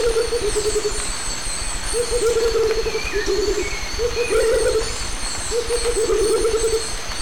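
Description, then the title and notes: Rufous motmot duet of low, fluttering hoot series in several phrases, with other birds' whistles and chirps and a steady insect hum in the background. Pair dueting; recorded 1998 near the Lake Arenal dam at forest edge at dawn; other birds, crickets and forest ambience in background. "Duet Rufous motmots. Dúo de Baryphthengus martii (Pájaro Bobo). Grabado en 1998 cerca de la represa del lago Arenal, al borde del bosque durante el amanecer. Además del pájaro Bobo, se escuchan otras aves de fondo, grillos y ambiente del bosque"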